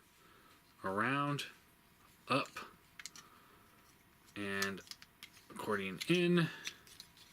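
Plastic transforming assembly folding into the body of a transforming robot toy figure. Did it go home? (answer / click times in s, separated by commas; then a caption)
no / none. Someone talks while folding the plastic leg/side assembly of a TFC Cyberjaw Transformers transforming robot toy down, around and up, then collapsing it accordion-style into the figure's body. Short plastic ticks and rattles are heard around 3.0–3.2 s and 6.9–7.2 s. Nothing has seated or clicked into place yet.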